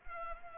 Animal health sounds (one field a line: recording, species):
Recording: mosquito wingbeat signal from an infrared sensor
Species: Culex pipiens